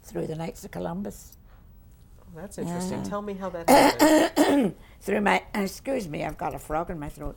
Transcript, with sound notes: Through the Knights of Columbus.
That's interesting. Tell me how that...
(she clears her throat) Through my, excuse me, I've got a frog in my throat.